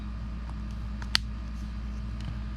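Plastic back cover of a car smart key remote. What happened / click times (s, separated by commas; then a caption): The small plastic housing snapped closed / 1.2 s. After the coin battery is replaced in a 2018 Chevy Equinox 5-button smart key remote, the plastic back half of the housing is pressed down and worked around the edge over a steady low hum, with faint ticks at about 0.5, 1.0 and 2.2 seconds. A single sharp snap at 1.2 seconds is the cover seating, and the key fob housing is snapped closed.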